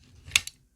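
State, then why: Seated. After reset is pressed on the interlock controller, the reset solenoid of a fire shutter closing device pulls the device's spring-loaded metal plunger back in until it locks. A sharp click sounds at 0.4 s, followed by a softer click at 0.5 s. The plunger latches and the closer is restored.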